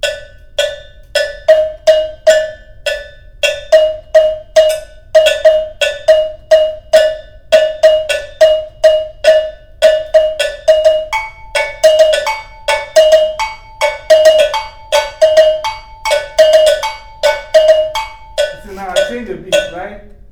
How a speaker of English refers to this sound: So then that means you are adding different beats, and that one is how you play the bell ensemble, different beats. So play again.